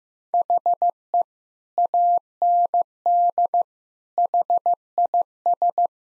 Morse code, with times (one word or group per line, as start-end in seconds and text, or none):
0.3-1.2 HE
1.8-3.6 AND
4.2-5.9 HIS